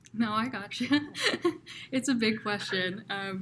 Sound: laughter